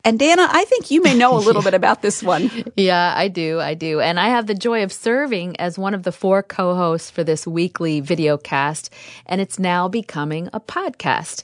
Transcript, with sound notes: And, Dannah, I think you may know a little bit about this one. (laughter)
Yes, I do, I do. I had the joy of serving as one of the four co-hosts for this weekly videocast, and it’s now becoming a podcast.